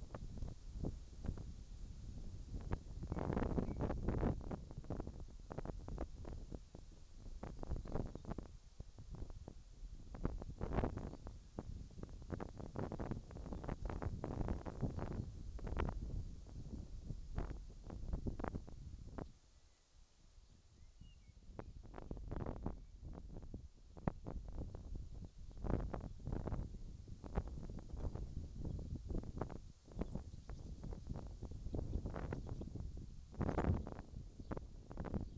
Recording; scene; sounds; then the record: everyday scene through a hearing-aid microphone; wind on the microphone; wind, whistling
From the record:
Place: in front of a rural house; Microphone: in the ear canal, left